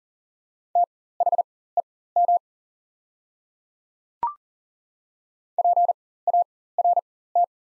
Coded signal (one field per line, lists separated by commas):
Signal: Morse code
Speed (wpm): 40 wpm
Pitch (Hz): 700 Hz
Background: none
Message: THEM PART